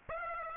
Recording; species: mosquito wingbeat signal from an infrared sensor; Aedes aegypti